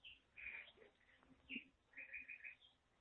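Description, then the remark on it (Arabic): Small birds, sparrows, chirp in quick, high-pitched bursts, three or four separate clusters of twittering spread over a few seconds, soft and thin against a quiet background. “سمع عصافير يعني ما خليكم معايا.”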